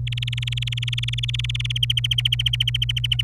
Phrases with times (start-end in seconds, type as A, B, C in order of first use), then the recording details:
0.07-1.72 A, 1.76-3.22 B. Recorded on 26 April 2018 at 11:40. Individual llb3